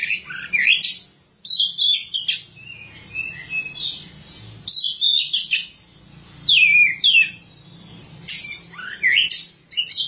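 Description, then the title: Oriental magpie-robin singing rich, varied phrases of high whistles, trills and slurred notes, delivered in quick bursts with brief gaps, over a soft low hum. Kacer song. "Suara Kicauan Burung Kacer"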